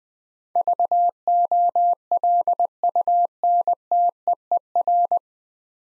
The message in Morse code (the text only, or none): VOLUNTEER